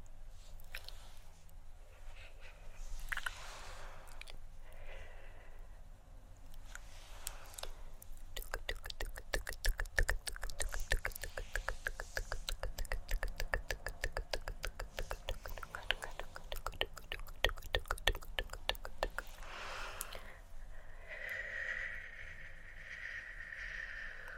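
Hand movements mixed with assorted mouth sounds: a few soft swishes and shoops early on, then a dense run of rapid tongue clicks and tk-tk taps from about 8 to 20 seconds. A brighter hissing shoop closes it, over a faint low hum throughout.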